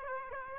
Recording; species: mosquito wingbeat signal from an infrared sensor; Aedes aegypti